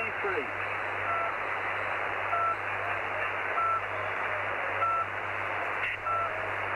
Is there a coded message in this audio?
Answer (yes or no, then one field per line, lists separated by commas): no